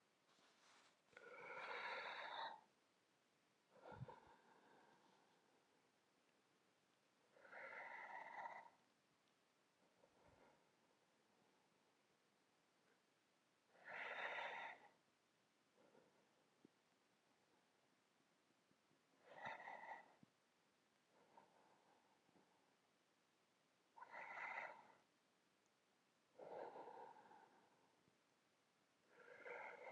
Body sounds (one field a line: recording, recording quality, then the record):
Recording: deep breathing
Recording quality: excellent, no background noise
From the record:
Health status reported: exposed to COVID-19, no respiratory illness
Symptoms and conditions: none ticked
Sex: male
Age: 53 years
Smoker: not ticked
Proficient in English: yes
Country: United States